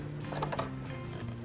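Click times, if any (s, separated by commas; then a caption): 0.4 s, 0.5 s, 0.6 s. A transparent presser foot snaps onto the foot holder of an Elna 550 sewing machine as the presser bar is lowered onto it. Short, sharp clicks are heard at 0.4, 0.5 and 0.6 seconds over a steady low hum. The foot engages and is seated.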